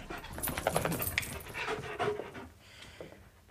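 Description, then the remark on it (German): A dog on a sofa pants in quick, rhythmic breathy puffs, fairly loud at first and then growing softer and sparser toward the end. “Rufen Sie den Hund zurück, der hat auf dem Sofa nichts verloren.”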